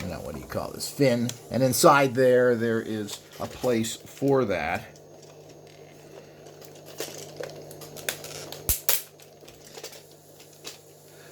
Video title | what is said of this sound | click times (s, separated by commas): Red Dragon RC CONTROLLED TOY! SEE IT IN ACTION! It actual shoots flames! PartI | okay you probably heard that click in | 8.9 s